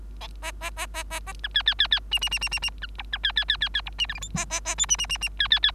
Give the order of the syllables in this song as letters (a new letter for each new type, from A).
A A A A A A B C C C C D D D D D D B E B C C C C C E D F G H A A A I D D D D C C C